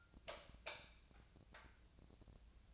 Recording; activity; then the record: daily activity, microphone in the room; light off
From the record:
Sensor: 2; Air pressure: 999.8 hPa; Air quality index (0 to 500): 119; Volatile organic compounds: 2 ppm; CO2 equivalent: 1027 ppm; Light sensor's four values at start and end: 31/79/34/37 and 28/69/29/33